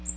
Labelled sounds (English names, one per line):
Magnolia Warbler flight call